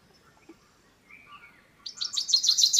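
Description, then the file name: Common chaffinch song beginning after a quiet start, a fast series of bright, high notes building in loudness. "Fringilla coelebs"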